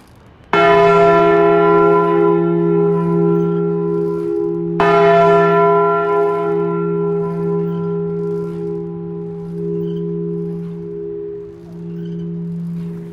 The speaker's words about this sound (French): Pourquoi ça vous fait pleurer, les cloches? Ça a toujours été. Je ne sais pas. Ça m'émeut tellement. Et c'est pas d'aujourd'hui. Même étant petit, ça me troublait.